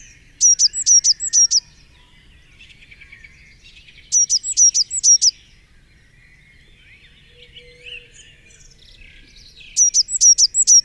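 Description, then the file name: Eurasian blue tit song: high, thin phrases of quick, hooked notes, given three times about every four to six seconds, with faint twittering between. "Cyanistes caeruleus"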